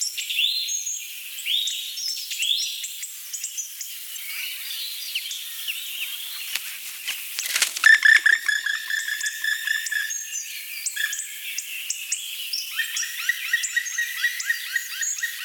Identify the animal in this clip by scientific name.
Dryocopus martius